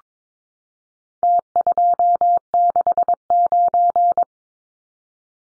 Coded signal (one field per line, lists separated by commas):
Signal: Morse code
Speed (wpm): 22 wpm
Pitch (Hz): 700 Hz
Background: none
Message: T269